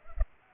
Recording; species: mosquito wingbeat signal from an infrared sensor; Culex pipiens